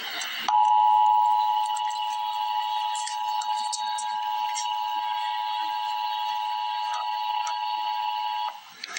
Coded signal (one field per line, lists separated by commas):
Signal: Emergency Alert System (SAME) tones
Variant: 853 and 960 Hz attention tone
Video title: EAS Update - Flood Warning - This evening on Apr 1, 2026